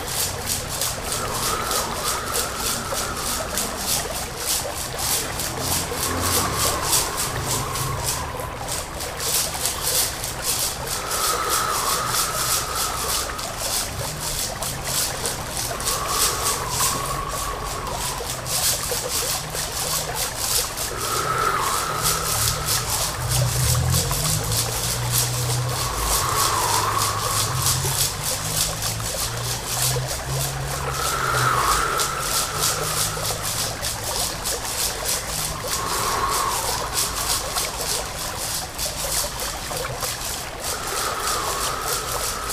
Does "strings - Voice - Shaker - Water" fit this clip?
yes